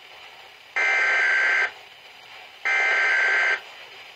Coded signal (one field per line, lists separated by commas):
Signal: Emergency Alert System (SAME) tones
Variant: header bursts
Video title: Weatheradio Canada - EAS #3-6 - Wind Warning - 2/14/2014